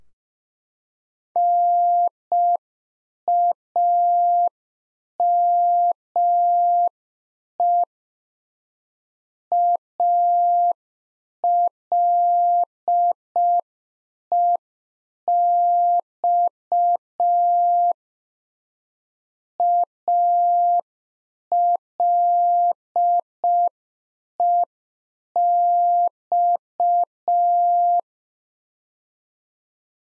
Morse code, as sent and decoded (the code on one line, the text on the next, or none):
-. .- -- . / .- .-.. . -..- / .- .-.. . -..-
NAME ALEX ALEX